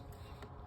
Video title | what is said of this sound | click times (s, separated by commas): Car Basics DIY DYNH 2023 episode #5 | I wouldn't suggest just picking them you can hear that click meaning this is tight | 0.4 s